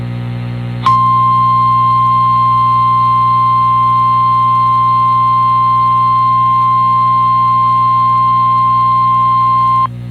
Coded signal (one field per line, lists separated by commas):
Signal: Emergency Alert System (SAME) tones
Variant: 1050 Hz attention tone